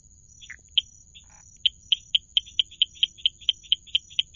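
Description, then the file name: Lagoa Santa treefrog calling with short, clicky high notes, sparse at first and then in a faster series, with a thin steady high tone behind. "Dendropsophus rubicundulus"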